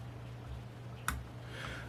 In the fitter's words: ever such a slight click but there was one we know that's in place